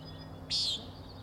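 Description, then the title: Common nighthawk uttering a single harsh, buzzy peent, short and nasal, against faint high twittering and a low background hum. Three birds giving peenting calls while flying closely in follow-the-leader formation, near the recordist; Overlook, Schoodic Head, Acadia National Park, Winter Harbor, Maine; 16 June 2017, 4am. "Common Nighthawks, Schoodic Head 061617 4am"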